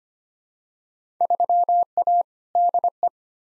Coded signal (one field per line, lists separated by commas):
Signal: Morse code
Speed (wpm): 25 wpm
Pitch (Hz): 700 Hz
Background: none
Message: 3A DE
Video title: Field Day Exchange v2 - 25wpm